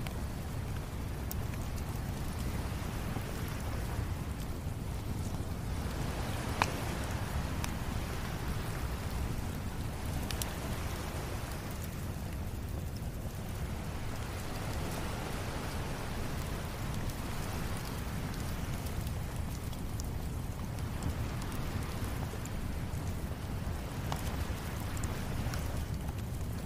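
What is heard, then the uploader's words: A crackling fire with gentle waves crashing in the distance. A steady low roar fills the background, swelling and easing every few seconds as the waves roll in, while sharp, bright pops from the fire snap out now and then, clearest near 7, 10 and 24 seconds. Fire on the Beach: Relaxing Soundscape. Lay back and relax by a crackling fire, as gentle waves crash in the distance.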